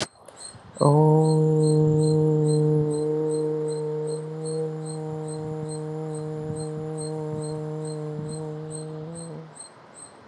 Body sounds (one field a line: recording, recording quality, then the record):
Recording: sustained vowel as in boot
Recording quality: excellent, no background noise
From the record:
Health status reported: healthy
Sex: female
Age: 47 years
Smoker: no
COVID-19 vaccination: both doses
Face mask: not worn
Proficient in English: yes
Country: India